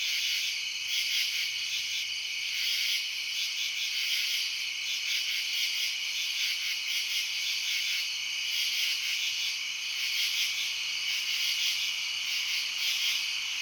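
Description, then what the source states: Crickets give a steady, high trilling chorus, their many overlapping chirps pulsing slightly while the sound carries on unbroken. Residential suburbs at night.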